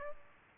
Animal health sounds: mosquito wingbeat signal from an infrared sensor; Aedes aegypti

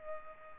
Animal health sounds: mosquito wingbeat signal from an infrared sensor; Culex pipiens

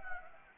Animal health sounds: mosquito wingbeat signal from an infrared sensor; Anopheles gambiae

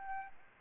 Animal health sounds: mosquito wingbeat signal from an infrared sensor; Aedes albopictus

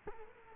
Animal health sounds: mosquito wingbeat signal from an infrared sensor; Culex quinquefasciatus

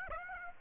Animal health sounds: mosquito wingbeat signal from an infrared sensor; Aedes aegypti

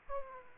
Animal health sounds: mosquito wingbeat signal from an infrared sensor; Aedes aegypti

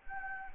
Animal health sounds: mosquito wingbeat signal from an infrared sensor; Anopheles gambiae

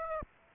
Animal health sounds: mosquito wingbeat signal from an infrared sensor; Aedes aegypti

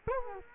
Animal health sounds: mosquito wingbeat signal from an infrared sensor; Culex quinquefasciatus

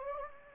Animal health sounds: mosquito wingbeat signal from an infrared sensor; Anopheles gambiae

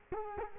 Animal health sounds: mosquito wingbeat signal from an infrared sensor; Culex quinquefasciatus

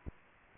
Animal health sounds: mosquito wingbeat signal from an infrared sensor; Aedes aegypti

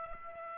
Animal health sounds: mosquito wingbeat signal from an infrared sensor; Aedes aegypti

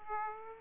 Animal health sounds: mosquito wingbeat signal from an infrared sensor; Aedes aegypti

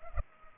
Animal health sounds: mosquito wingbeat signal from an infrared sensor; Culex pipiens

